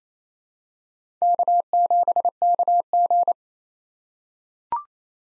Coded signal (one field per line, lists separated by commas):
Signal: Morse code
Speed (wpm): 28 wpm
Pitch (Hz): 700 Hz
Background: none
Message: K7KG